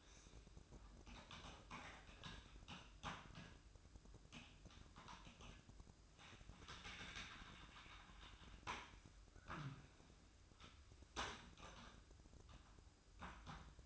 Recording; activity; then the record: daily activity, microphone in the room; typing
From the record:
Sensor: 2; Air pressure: 1007.5 hPa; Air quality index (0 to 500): 43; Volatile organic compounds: 1 ppm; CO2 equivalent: 549 ppm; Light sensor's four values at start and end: 8/19/8/8 and 8/19/8/8